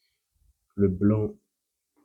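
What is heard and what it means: A white wire's terminal is handled at the plastic connector housing of a motorcycle wiring harness during a speedometer installation on an SV650S, with only faint low handling noise around 0.4–0.5 s and near 2.0 s. Someone talks from about 0.8 to 1.4 s. Nothing has seated or clicked yet.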